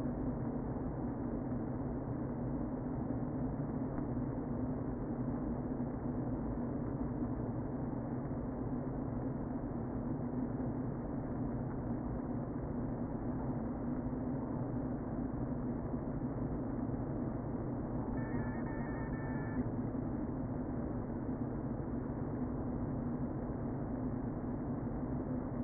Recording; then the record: honeybee colony, microphone inside the hive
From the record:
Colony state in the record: queen present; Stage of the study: before two queens were removed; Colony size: about 60,000 bees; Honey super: yes